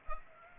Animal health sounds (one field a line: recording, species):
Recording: mosquito wingbeat signal from an infrared sensor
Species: Culex pipiens